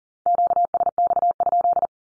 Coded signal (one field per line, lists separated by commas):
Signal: Morse code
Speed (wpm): 40 wpm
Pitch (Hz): 700 Hz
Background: none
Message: QSX?